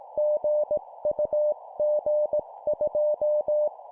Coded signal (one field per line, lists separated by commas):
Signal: Morse code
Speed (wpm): 18 wpm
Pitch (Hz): 600 Hz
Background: none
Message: GUG2